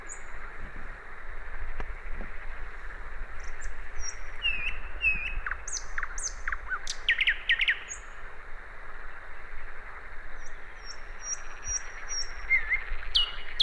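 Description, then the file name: Common nightingale song with varied phrases: thin high whistles, slurred downward notes, clicks and a string of repeated piping notes, against a hissing background. "Luscinia megarhynchos"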